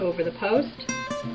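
The top of a no-sew snap button is centred over its post through a curtain fabric tab, ready to be pressed together. Someone talks while guitar music plays in the background. Nothing has snapped or seated yet.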